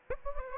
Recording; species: mosquito wingbeat signal from an infrared sensor; Aedes aegypti